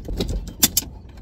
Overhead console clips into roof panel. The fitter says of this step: and it's going to snap right in place